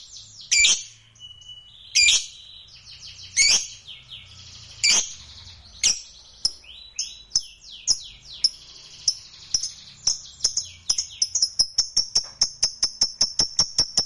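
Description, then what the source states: Lovebird singing with loud harsh shrieks every second or so, mixed with thin squeaks, building into a fast rattling series of clicks at the end. Fighter-type lovebird singing energetically (gacor).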